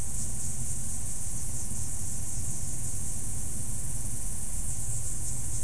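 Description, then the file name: Insects keep up an even, high shimmering chorus, and a deep rumble runs beneath it. "mainly insect"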